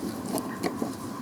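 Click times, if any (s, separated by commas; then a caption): none. A retaining clip is handled under the dash on a car's clutch pedal shaft, where it fits over the pedal shaft so the pushrod no longer falls off. Short metallic ticks and light scraping are heard around 0.4 s and 0.7 s over a low background hum. Nothing has seated or clicked yet.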